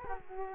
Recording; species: mosquito wingbeat signal from an infrared sensor; Culex quinquefasciatus